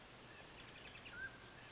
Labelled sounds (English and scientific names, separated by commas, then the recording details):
Mountain Quail (Oreortyx pictus)
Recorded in Sonoma County, California